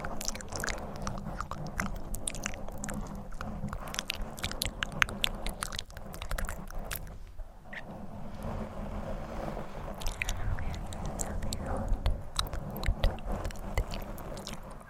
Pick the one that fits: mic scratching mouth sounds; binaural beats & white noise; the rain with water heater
mic scratching mouth sounds